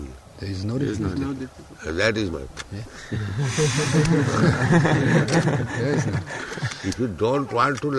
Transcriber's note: laughter